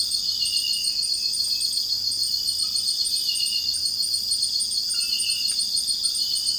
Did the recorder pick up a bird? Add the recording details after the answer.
no. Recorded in dense forest near Puerto Asís, Putumayo, Colombia, on 21 February 2024 at 04:30. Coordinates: 0.481, -76.318. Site G6421